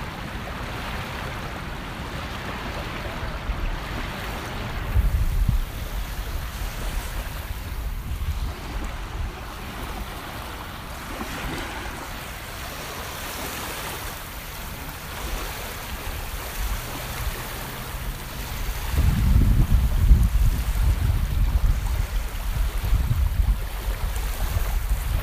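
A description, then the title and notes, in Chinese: Waves wash along a beach in a steady, hissing roar with a deep rumble underneath. Heavier surges swell around five seconds and again from about nineteen to twenty-two seconds, growing louder and fuller. Wind adds a faint rushing throughout. 浪之声 Beach Sound。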